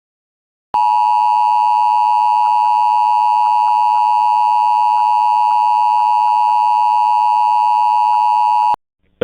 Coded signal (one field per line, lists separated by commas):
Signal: Emergency Alert System (SAME) tones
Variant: 853 and 960 Hz attention tone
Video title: EAS Mock 45: "The Florida Association of Broadcaster"